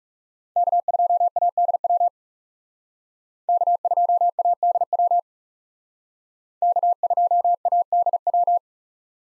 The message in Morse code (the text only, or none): K2ADW K2ADW K2ADW